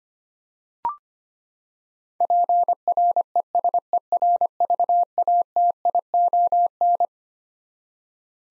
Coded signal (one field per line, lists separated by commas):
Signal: Morse code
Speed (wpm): 25 wpm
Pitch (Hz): 700 Hz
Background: none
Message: PRESERVATION